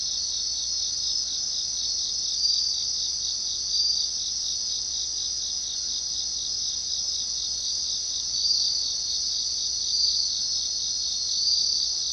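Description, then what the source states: Bell cricket, a sustained high tinkling trill with occasional brief louder accents, steady throughout and alone over faint background hiss. Japanese name suzumushi.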